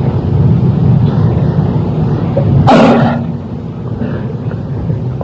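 A single short, forceful cough bursts out near the middle of the clip, against steady low room rumble. It is an isolated cough from an elderly man who has had a cold for just over a month and whose body has become weakened.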